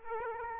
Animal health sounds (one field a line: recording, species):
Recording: mosquito wingbeat signal from an infrared sensor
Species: Aedes aegypti